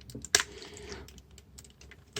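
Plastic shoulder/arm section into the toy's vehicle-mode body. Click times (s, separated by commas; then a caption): 0.4 s. The stiff plastic shoulder and arm section of a Star Wars Darth Vader TIE Advanced Fighter transforming toy is pushed and folded back down into its vehicle-mode body. After a few faint plastic ticks, it snaps sharply into place at 0.4 s, followed by quieter handling noise and another light click near the end.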